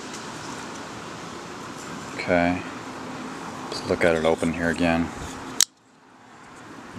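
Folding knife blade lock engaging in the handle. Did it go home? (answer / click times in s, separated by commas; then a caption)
yes / 5.6 s. Someone talks over a steady hum as the metal blade of a Stider SNG CC folding knife is swung fully open. At 5.6 s the lock engages in the handle with one sharp snap, locking the blade open very tightly, and the background drops nearly silent right after.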